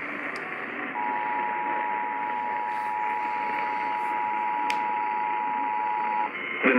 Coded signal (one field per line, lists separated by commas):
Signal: Emergency Alert System (SAME) tones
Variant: 853 and 960 Hz attention tone